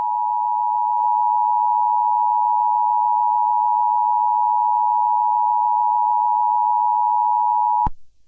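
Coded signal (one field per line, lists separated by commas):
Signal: Emergency Alert System (SAME) tones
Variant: 853 and 960 Hz attention tone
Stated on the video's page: Fictional EAS scenario based on a historic cold-front event, not a real alert.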